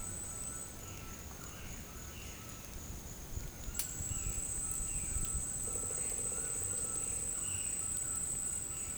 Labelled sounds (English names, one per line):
White-throated Toucan
Violaceous Jay